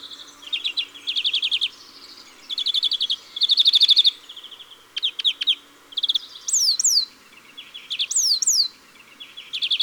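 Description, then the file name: European greenfinch song of rapid trilled bursts and twitters, with sweeping slurred notes later in the phrase. "Verdier-d Europe"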